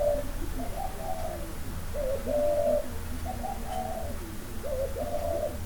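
Dove coos in rounded, mellow phrases, several runs with short gaps, with a constant low rumble underneath.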